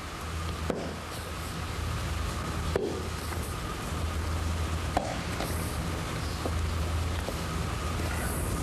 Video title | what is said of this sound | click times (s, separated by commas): Improv Accolade Adjustment | And then the shell needs to be pushed down over each of those retainers. And you should hear them snap into place. | 0.7 s, 2.8 s, 5.0 s